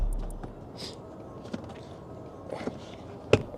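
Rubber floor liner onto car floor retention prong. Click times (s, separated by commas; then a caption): 3.3 s. A molded all-weather TPE Lasfit floor liner is pressed down onto a car's floor retention prong. Faint taps and rustles come first, then a sharp snap at 3.3 s as the liner locks in place on the prong.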